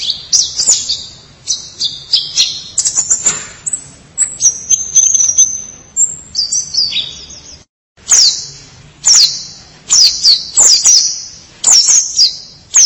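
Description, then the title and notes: White-eye song: rapid high twittering, thin sweeping whistles and chatter in quick bursts, with a brief pause near the middle. "Suara kicauan burung pleci"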